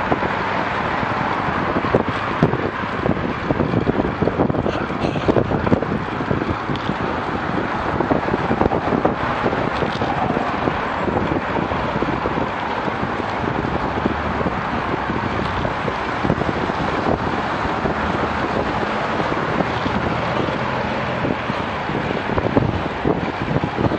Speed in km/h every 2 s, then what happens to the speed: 24, 25, 25, 24, 25, 24, 24, 24, 24, 25, 25, 25.
0-24 steady at about 24.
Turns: none.